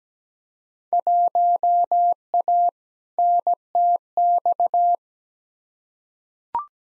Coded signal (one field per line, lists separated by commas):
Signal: Morse code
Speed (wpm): 17 wpm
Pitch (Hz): 700 Hz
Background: none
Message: 1A NTX